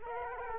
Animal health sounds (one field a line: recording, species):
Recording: mosquito wingbeat signal from an infrared sensor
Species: Culex quinquefasciatus